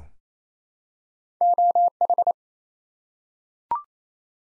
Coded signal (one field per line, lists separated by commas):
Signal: Morse code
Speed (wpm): 27 wpm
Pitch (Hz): 700 Hz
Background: none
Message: OH